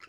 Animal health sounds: pig call; piglet (1 to 25 days)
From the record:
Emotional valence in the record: positive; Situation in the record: short reunion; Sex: female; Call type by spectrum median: low-frequency call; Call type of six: low-frequency tonal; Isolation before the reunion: 3 minutes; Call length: 0.09 s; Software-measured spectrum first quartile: 1348 Hz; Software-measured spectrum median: 1923 Hz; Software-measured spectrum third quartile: 2907 Hz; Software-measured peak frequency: 1336 Hz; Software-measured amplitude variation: 192 dB a second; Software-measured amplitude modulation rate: 5.9 a second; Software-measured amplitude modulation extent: 32.7 dB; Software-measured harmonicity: 2.1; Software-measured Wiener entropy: -1.14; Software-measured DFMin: 769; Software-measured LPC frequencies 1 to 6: 1353, 1941, 2684, 4183, 5050, 6904 Hz

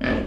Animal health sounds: pig call; growing-finishing pig (85 days or more)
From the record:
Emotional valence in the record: negative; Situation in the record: barren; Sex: male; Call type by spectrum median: low-frequency call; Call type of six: low-frequency stable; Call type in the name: low-frequency stable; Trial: 2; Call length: 0.27 s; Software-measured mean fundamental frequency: 57 Hz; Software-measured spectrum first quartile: 235 Hz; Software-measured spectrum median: 533 Hz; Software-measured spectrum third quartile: 1370 Hz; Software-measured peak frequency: 242 Hz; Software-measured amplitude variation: 118 dB a second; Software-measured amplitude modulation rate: 24.6 a second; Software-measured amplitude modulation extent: 4.8 dB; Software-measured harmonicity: 0.3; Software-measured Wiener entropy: -1.63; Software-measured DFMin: 682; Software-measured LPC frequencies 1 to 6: 428, 1725, 2390, 3075, 4673, 7304 Hz

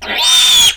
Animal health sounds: pig call; piglet (1 to 25 days)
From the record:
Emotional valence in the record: negative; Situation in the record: crushing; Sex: female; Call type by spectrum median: high-frequency call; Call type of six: mixed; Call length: 0.76 s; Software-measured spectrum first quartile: 3309 Hz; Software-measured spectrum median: 3974 Hz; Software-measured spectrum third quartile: 6897 Hz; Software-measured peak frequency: 3616 Hz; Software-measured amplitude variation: 88 dB a second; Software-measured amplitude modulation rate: 21.6 a second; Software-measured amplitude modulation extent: 4.1 dB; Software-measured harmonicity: 5.0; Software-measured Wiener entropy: -2.51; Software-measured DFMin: 517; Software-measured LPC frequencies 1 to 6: 936, 1739, 2465, 3245, 3582, 4465 Hz

